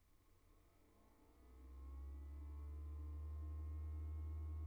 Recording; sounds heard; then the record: poultry house recording; no chicken sound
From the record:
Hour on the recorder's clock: 17